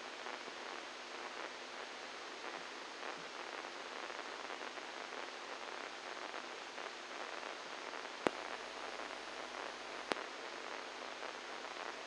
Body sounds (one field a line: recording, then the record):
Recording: brain microelectrode recording played as sound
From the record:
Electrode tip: inside the subthalamic nucleus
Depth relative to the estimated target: -4 mm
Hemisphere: right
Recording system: NeuroSet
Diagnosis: Parkinson's disease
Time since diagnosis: 10 years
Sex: male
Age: 63 years